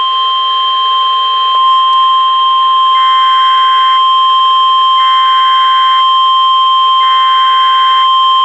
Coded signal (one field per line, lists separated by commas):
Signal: Emergency Alert System (SAME) tones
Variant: 1050 Hz attention tone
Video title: NOAA Radio (EAS # 559-563) Flood Warnings 1/19-21/19